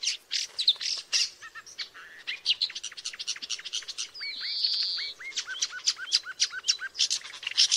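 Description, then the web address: Woodchat shrike delivering harsh chattering notes mixed with short upslurred whistles and one drawn-out buzzy note midway. "sound Woodchat-shrike. صدای-پرنده-سنگ-چشم-کله-سرخ"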